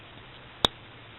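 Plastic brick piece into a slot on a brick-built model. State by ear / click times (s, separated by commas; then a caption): seated / 0.6 s. A plastic Lego skeleton-arm "beam saber" piece is pushed into its slot on a brick-built Gundam 00 Exia model. Over faint steady background noise, a single sharp snap is heard at 0.7 seconds, and the piece locks firmly into place.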